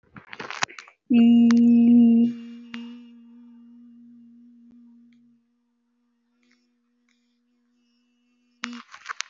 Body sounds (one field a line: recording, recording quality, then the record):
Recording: sustained vowel as in beet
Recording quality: excellent, no background noise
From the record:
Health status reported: healthy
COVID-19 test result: negative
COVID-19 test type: RT-PCR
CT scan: not taken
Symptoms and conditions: none ticked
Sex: female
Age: 24 years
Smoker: no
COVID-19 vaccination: one dose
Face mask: worn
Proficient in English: yes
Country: India